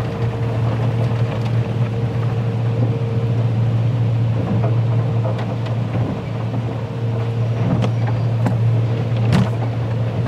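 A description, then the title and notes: Inside an automatic car wash, a steady low machine hum drones under a dense wash of spraying and rushing water. Sharp knocks and clatters pop up every second or so, with a brighter hiss near the end, all heard close and continuous. Automatic Car Wash. The gentle vibrations of the brushes and the rhythmic splashing of the water. The white noise generated by the machines.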